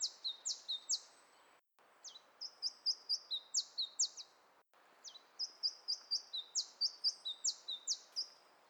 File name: iberischer zilpzalp